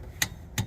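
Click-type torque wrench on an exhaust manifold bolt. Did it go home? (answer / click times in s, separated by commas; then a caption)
yes / 0.2 s. A click-type torque wrench on an extension tightens an exhaust manifold bolt on a Ford truck until it reaches its setting. The wrench gives a sharp click at 0.2 s, followed by two more short, sharp sounds near 0.6 s and 0.7 s. The click confirms the bolt has reached the set torque.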